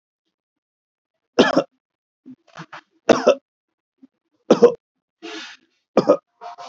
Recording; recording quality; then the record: heavy voluntary cough; excellent, no background noise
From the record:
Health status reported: COVID-19 positive, no symptoms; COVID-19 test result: positive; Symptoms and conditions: none ticked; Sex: male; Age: 44 years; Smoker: not ticked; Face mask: worn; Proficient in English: no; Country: India